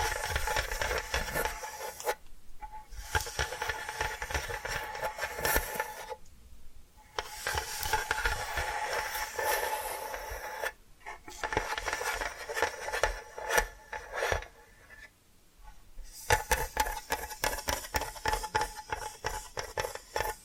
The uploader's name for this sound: Hypnotic Tapping & Scratching Sounds